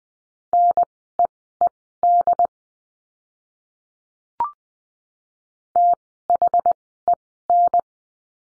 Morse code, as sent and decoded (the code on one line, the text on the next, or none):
-. . . -.. / - .... . -.
NEED THEN